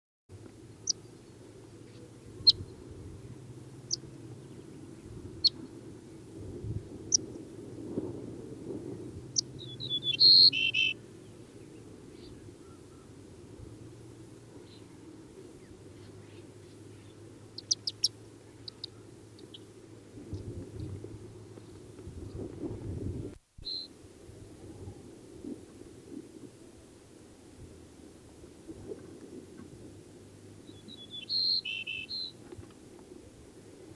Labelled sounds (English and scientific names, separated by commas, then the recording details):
Black Kite (Milvus migrans), Yellow-browed Warbler (Phylloscopus inornatus) song
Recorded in the wild
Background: Phylloscopus inornatus
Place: Chudjirt, MN
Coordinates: 47.013, 102.255
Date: 1979-06-07
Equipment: Nagra III BH, Sennheiser MD 21, parabola
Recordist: Schubert, Michael
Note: Gesangselement Gelbbrauenlaubsänger bei überfliegender Schmarotzermilanen